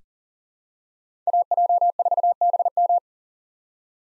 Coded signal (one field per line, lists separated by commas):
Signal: Morse code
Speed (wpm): 40 wpm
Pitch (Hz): 700 Hz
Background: none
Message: AJ4BM